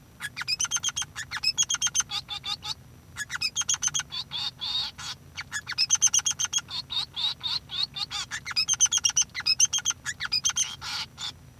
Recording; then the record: song of a male Bengalese finch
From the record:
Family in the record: son of father 3